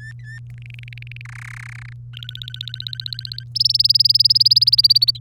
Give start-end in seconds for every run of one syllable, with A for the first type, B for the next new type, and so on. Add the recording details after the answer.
0.00-0.39 A, 0.50-1.22 B, 1.25-1.93 C, 2.13-3.44 D, 3.55-5.18 E. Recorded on 3 May 2018 at 10:25. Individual llb3